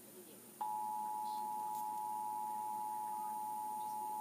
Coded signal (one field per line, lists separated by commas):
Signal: Emergency Alert System (SAME) tones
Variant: 853 and 960 Hz attention tone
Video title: National EAS Test - September 28, 2016 (EAS #1182)